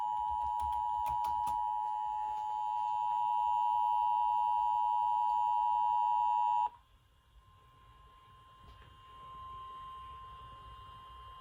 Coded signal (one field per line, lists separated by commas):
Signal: Emergency Alert System (SAME) tones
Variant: 853 and 960 Hz attention tone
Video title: TESTCEPTION - EAS Test Alerts from 3/15 to 5/17/2023 (EAS #276-286)